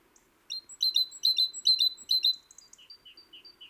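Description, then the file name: Great tit calls: a fast, high, chattering run of sharp chirps for about two seconds, then a few softer, lower, slurred notes. "Parus major"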